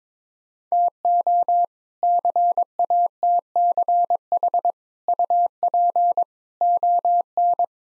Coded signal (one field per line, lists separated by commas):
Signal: Morse code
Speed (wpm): 22 wpm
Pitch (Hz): 700 Hz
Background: none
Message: TO CATCH UP ON